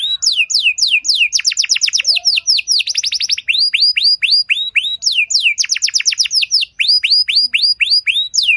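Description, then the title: Canary song with long runs of quick downswept whistles, rolling trills and repeated chirps, phrases changing every second or so without a break. Belgian canary song with elaborate phrases, played to warm up and stimulate other canaries so they answer with long continuous song. "Canto Para Esquentar Canário Belga. Suara Burung Kenari Lagu dan Cengkok Mewah Buat Kenari Lain Bakal Langsung Nyaut Gacor Panjang"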